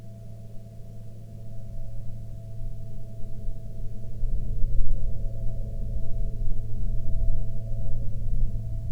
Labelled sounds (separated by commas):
wind, aircraft